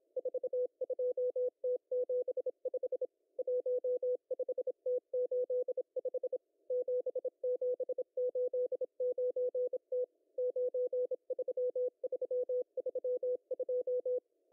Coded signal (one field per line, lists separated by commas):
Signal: Morse code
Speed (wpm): 26 wpm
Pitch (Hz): 500 Hz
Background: none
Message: 42T75 15T85 7789T 93332